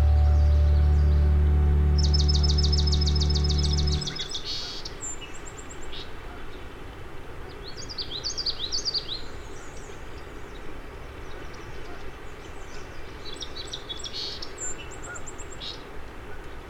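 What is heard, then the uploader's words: Songbirds call and sing in bursts: a rapid, bright trill around two to four seconds, then short, high chirps and twittering phrases near five, eight to nine, and fourteen to fifteen seconds. A loud, low hum fills the first four seconds, then stops, leaving a soft, steady hiss. It’s early morning. As we follow the Crane River to Scuggog Lake, migrant songbirds begin arriving.. Migrant songbirds begin arriving.. continuously, for hours.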